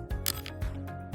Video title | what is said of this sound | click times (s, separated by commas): How To Retrofit SkyPlug Smart To a Chain Fixture - Plug & Play Smart Lighting | Once inserted, let go and push up towards the ceiling until you hear a clicking sound. | 0.3 s, 0.5 s